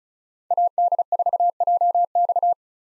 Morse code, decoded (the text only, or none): AD4JX